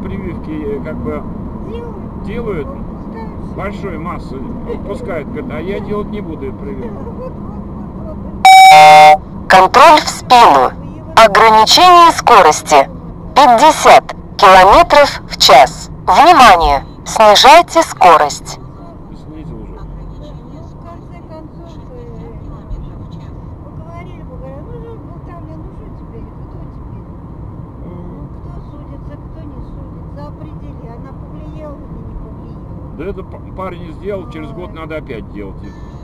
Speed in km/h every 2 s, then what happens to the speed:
73, 70, 68, 65, 62, 58, 54, 50, 47, 46, 45, 45, 48, 48, 49, 49, 49, 49.
0-16 slows to 47. 16-36 steady at about 48.